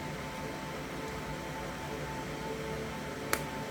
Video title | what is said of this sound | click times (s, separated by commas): TR Blitzwing Upgrade kit | there you go you hear that click well | 3.3 s